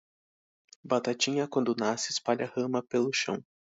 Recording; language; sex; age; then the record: short text; Brazilian Portuguese; male; 20 to 29 years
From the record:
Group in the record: control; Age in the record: 22 years